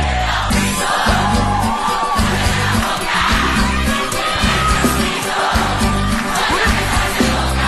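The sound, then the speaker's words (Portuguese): A large crowd at a live show yells and whoops in a loud, continuous roar over a thumping, rhythmic bass beat, the shouting holding steady for several seconds without pause. “Quem tá solteiro dá um grito, tá louco pra beijar na boca.”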